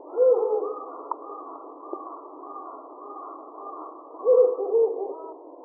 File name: hukurou 170525